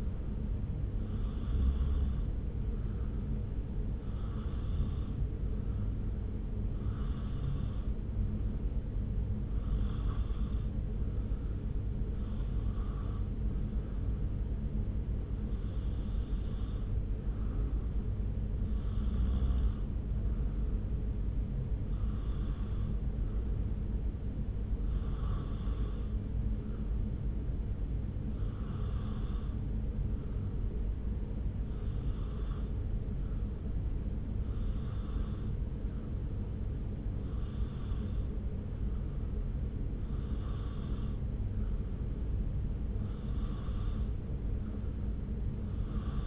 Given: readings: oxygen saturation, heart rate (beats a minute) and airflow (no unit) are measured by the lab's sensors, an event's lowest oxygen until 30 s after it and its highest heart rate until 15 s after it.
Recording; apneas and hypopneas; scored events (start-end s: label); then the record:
breathing in sleep by a smartphone at the bedside; none
none scored
From the record:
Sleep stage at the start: N2 (light sleep); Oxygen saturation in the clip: 90 to 93%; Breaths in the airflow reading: 18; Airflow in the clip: -0.6 to 0.7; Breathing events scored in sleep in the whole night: 335 in 6.7 hours asleep